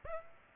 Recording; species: mosquito wingbeat signal from an infrared sensor; Aedes aegypti